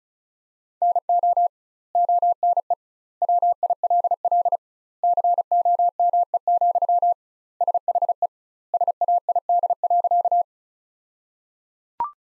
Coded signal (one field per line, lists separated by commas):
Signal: Morse code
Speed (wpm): 34 wpm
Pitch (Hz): 700 Hz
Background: none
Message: NO ONE WILL COME, SHE SAID.